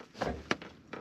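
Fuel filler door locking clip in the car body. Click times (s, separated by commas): 0.5 s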